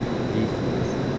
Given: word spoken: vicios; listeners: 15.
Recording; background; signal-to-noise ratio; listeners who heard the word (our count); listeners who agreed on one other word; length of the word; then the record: one Spanish word in noise, from a listening test; speech-shaped noise; -5.2 dB; 0 of 15; 7 of 15; 0.78 s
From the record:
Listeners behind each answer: 7, 1, 1, 1, 1, 1, 1, 1, 1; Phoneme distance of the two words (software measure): 24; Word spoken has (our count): 2 syllables, 6 phonemes, stress on syllable 1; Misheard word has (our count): 2 syllables, 4 phonemes, stress on syllable 1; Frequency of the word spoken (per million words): 7.88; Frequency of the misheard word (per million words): 163.83